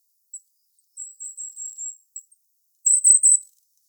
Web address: regulus regulus call